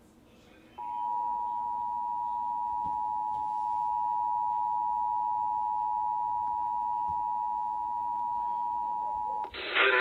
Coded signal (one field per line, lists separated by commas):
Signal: Emergency Alert System (SAME) tones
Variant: 853 and 960 Hz attention tone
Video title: 8/30/20 EAS Alerts Compilation(EAS 78-92)